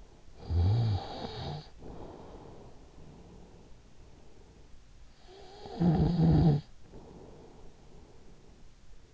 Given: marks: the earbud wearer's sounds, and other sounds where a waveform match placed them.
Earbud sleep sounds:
sounds in sleep by an in-ear microphone; snoring breath
0.02-4.31 s: snoring breath
4.94-9.14 s: snoring breath

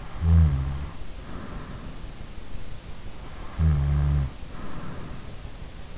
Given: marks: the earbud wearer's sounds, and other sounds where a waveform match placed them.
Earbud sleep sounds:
sounds in sleep by an in-ear microphone; snoring breath
0.00-1.58 s: snoring breath
3.51-4.96 s: snoring breath

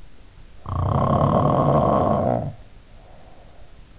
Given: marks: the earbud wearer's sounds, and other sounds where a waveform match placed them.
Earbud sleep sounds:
sounds in sleep by an in-ear microphone; snoring breath
0.56-3.76 s: snoring breath

